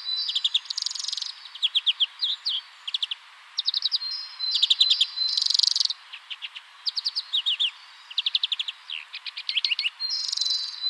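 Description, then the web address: European greenfinch song: fast twittering trills and ringing note series mixed with harsh buzzy bursts, running on continuously without real pauses. Spring. "rohevint. spring"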